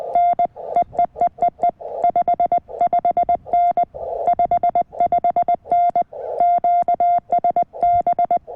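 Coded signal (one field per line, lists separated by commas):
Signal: Morse code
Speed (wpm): 20 wpm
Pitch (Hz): 700 Hz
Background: none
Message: N EEEEE 55N 55N QSB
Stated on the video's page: QRP CW Parks on the Air activation with a CFT1 CW-only transceiver, Packtenna random wire antenna and MFJ manual tuner.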